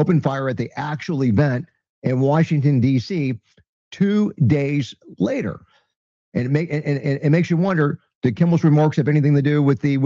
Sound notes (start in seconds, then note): none